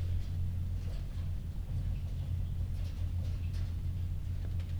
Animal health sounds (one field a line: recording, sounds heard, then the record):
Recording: poultry house recording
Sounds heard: healthy chickens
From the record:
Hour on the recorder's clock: 2